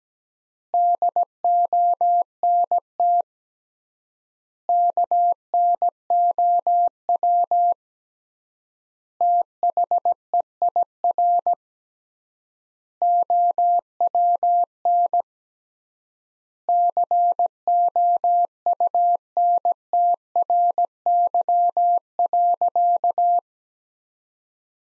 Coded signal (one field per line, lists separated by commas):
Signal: Morse code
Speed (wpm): 17 wpm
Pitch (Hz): 700 Hz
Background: none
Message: DONT KNOW THEIR OWN COUNTRY.